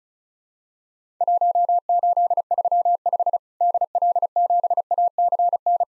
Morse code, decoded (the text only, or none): 1835 DL7ACN